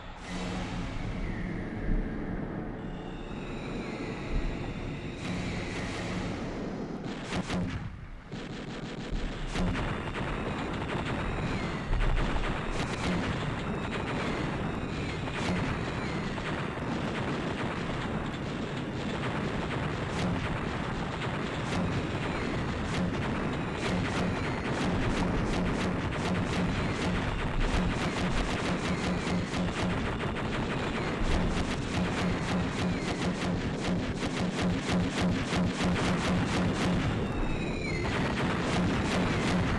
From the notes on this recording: The beach, bombs, parachutes, gunfire and a song.